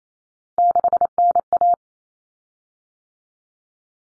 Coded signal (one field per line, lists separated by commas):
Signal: Morse code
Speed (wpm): 28 wpm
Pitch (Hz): 700 Hz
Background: none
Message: 6NA